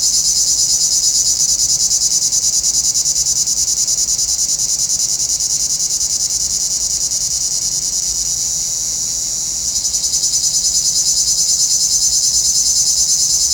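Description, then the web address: Cicadas give a sharp, high buzzing song in rapid regular pulses that fades briefly in the later part, then swells back to full strength. "Nature Sounds – Nature Chill Out 2014. Sounds from a Rnewood Cicadas"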